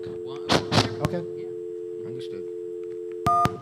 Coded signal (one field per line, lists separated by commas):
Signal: telephone call progress tone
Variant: North America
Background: speech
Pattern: dial tone